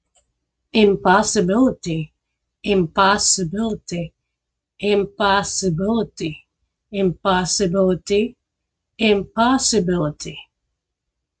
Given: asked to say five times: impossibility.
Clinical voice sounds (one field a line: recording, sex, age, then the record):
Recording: repeated word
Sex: female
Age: 40 to 49 years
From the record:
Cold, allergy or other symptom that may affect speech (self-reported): no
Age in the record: 44 years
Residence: Texas, United States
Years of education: 14